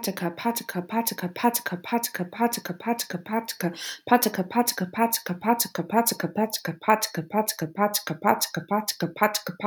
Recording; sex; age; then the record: repeated syllables /pa ta ka/; female; 30 to 39 years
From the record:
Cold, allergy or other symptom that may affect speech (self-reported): no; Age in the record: 31 years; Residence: United States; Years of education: 18